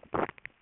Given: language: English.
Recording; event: throat vibration sensor signal played as sound; swallow